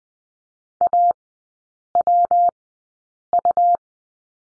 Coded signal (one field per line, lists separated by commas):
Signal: Morse code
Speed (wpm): 20 wpm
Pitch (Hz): 700 Hz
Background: none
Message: AWU